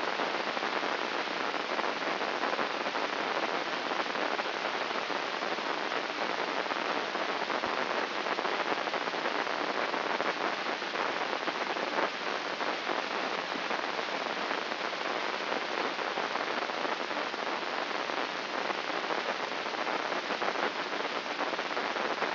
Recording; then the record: brain microelectrode recording played as sound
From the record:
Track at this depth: outside the subthalamic nucleus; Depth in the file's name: 7.029 mm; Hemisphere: left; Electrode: 3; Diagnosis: Parkinson's disease